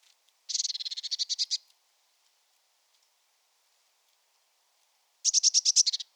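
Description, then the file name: Eurasian blue tit churring in two buzzy rattling bursts about four seconds apart, each roughly a second long. "Cyanistes caeruleus"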